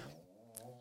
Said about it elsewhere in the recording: Our dog snoring. We have pugs. You hear a little snore in the background.